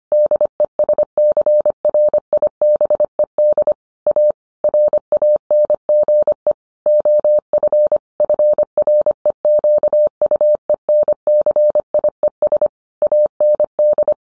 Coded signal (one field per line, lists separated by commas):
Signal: Morse code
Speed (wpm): 25 wpm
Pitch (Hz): 600 Hz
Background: none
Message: DESCRIBED A RANGE OF FREQUENCIES AND